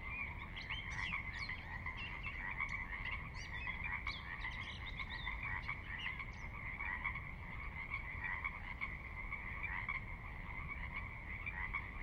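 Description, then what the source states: Pacific Chorus Frogs calling en masse, a ceaseless chorus with a few higher calls in the first half, over a faint low rush of water. Wild frogs recorded at midnight on the valley floor of Sinlahekin Valley, Sinlahekin Wildlife Area, Washington, near the Cascades; distant water spillage in background; unprocessed raw recording.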